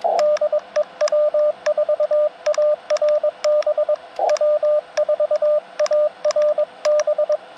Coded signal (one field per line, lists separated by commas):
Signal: Morse code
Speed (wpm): 21 wpm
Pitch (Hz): 600 Hz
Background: radio noise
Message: DE W4ARB W4ARB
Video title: Lunch Time POTA CW Activation - 9/8/23 @ K-4451